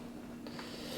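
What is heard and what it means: A part for a BMW GS motorcycle helmet, linked to the U1 intercom, is lined up at the front of the helmet shell and its rear pushed toward clipping in. A steady low hum runs throughout, with a brief broadband scraping rustle rising at 0.5 s. Nothing has seated or clicked yet.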